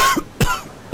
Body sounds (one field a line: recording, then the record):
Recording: coughing mixed with background sound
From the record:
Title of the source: Coughing 51